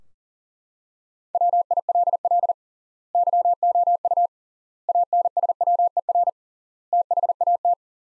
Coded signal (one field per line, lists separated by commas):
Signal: Morse code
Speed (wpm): 42 wpm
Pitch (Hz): 700 Hz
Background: none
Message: WILL YOU ANSWER THAT